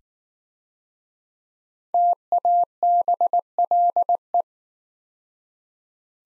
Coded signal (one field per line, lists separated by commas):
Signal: Morse code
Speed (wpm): 19 wpm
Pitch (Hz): 700 Hz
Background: none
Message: TABLE